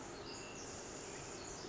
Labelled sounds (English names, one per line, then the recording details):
Pacific Wren
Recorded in Sonoma County, California